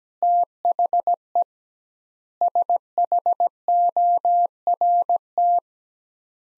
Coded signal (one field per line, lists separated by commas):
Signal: Morse code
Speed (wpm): 17 wpm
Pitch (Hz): 700 Hz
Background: none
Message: THE SHORT